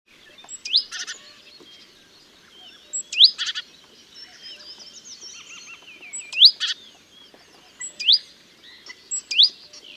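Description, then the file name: Great tit calls: short, sharp upslurred notes mixed with harsh buzzy bursts, coming in clusters every one to three seconds, with faint chirps of other birds behind. "Parus major"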